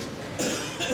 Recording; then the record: coughing mixed with background sound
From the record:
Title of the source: Spring Cold Coughing.